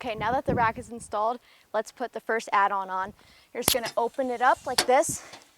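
Someone talks while opening the add-on arm of a metal bike rack that is already installed, handling it toward its hinge lock. Nothing has clicked or seated yet; the add-on is handled but not yet home.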